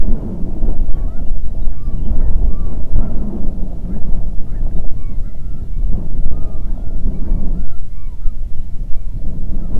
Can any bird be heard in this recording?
yes